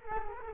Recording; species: mosquito wingbeat signal from an infrared sensor; Culex quinquefasciatus